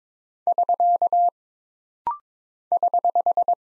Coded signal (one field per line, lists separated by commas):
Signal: Morse code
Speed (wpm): 22 wpm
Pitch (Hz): 700 Hz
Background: none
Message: <SK> <HH>